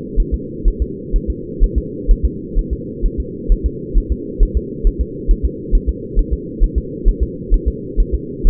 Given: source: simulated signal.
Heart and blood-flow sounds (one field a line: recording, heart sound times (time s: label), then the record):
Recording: fetal heart sounds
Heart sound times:
0.20 s: S1
0.34 s: S2
0.68 s: S1
0.82 s: S2
1.16 s: S1
1.30 s: S2
1.64 s: S1
1.78 s: S2
2.11 s: S1
2.25 s: S2
2.59 s: S1
2.73 s: S2
3.06 s: S1
3.20 s: S2
3.52 s: S1
3.66 s: S2
3.98 s: S1
4.12 s: S2
4.43 s: S1
4.57 s: S2
4.87 s: S1
5.01 s: S2
5.31 s: S1
5.45 s: S2
5.75 s: S1
5.89 s: S2
6.19 s: S1
6.33 s: S2
6.64 s: S1
6.78 s: S2
7.08 s: S1
7.23 s: S2
7.54 s: S1
7.68 s: S2
8.00 s: S1
8.14 s: S2
8.47 s: S1
From the record:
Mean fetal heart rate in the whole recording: 130 bpm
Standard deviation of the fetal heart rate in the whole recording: 4 bpm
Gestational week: 38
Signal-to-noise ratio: -4.1 dB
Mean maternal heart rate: no maternal heart sound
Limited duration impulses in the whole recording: absent